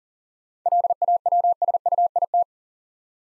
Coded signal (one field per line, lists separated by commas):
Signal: Morse code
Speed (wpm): 42 wpm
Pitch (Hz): 700 Hz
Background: none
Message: LAWSUIT